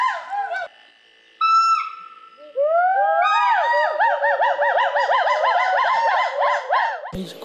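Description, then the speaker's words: Skywalker hoolock gibbon song: a fast run of whooping notes sweeping up and down over and over, ending abruptly. Wild gibbons singing in chorus overhead in the Gaoligong Mountains; they usually call only once every 7-8 days; recorded on the crew's second day there; voice described as 'woo-hoo'. "高黎贡白眉长臂猿通常7-8天才会鸣叫一次，没想到摄制组在来到高黎贡山的第二天，就幸运地记录到了这些森林精灵的歌唱。"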